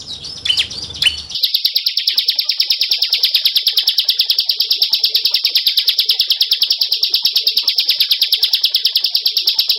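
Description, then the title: Bar-winged Prinia song, a brief burst of mixed sounds, then a long, even stream of high, rapid ticking notes. Tutor ('masteran') recording from 2019 of song in the 'semi' and 'kristal' styles. "Masteran 2019 Cisem Ciblek Semi Dan Cikris Ciblek Kristal"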